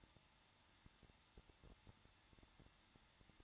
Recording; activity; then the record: daily activity, microphone in the room; no activity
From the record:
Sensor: 3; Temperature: 21.2 degrees Celsius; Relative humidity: 36.5%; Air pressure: 1006.4 hPa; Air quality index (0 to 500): 224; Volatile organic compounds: 44 ppm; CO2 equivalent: 3216 ppm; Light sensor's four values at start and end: 2/3/2/2 and 2/3/2/2